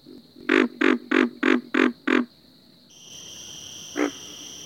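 Pig frog calling, six hoarse grunting croaks in a quick even series, then a single later grunt over a steady high insect-like hum.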